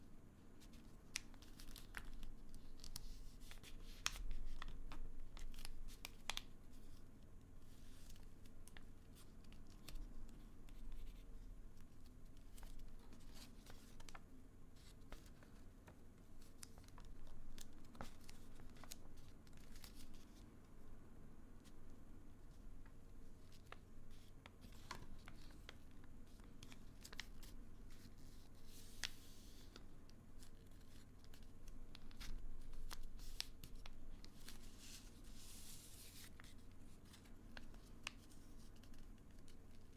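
Soft tapping and papery folding sounds come in frequent, irregular bursts over a steady low hum, with clusters of crisp clicks throughout.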